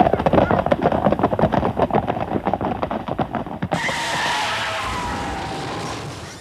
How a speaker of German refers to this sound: Achtung! Man verbeuge sich! Die Gräfin reitet vorüber.